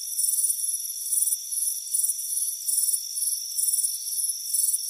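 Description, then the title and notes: Cricket chirping: high, buzzy bursts pulsing roughly every half second over a steady high-pitched insect drone, with no other sounds. Crickets chirping on a warm afternoon on a front porch. "Soothing Crickets Chirping Sound. It's a warm afternoon as you relax in a hammock on the front porch. Relax and fall asleep to the soothing sound of chirping crickets"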